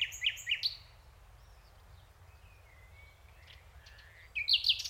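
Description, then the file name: Common nightingale song, sharp repeated high notes at the start and end separated by a long pause with a faint thin whistle. "Luscinia megarhynchos"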